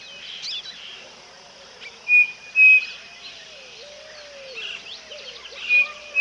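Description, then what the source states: Striped cuckoo whistled call: short, clear, level whistles, two close together then one later, among other chirping birds and lower arching whistles. South America.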